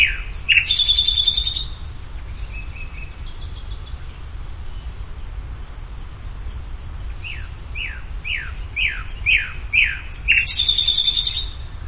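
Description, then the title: Bird song: high buzzy rattling bursts at the start and near the end, with faint repeated notes between and a run of short downslurred notes before the final burst. "LuckyPassaro Completos2Sama"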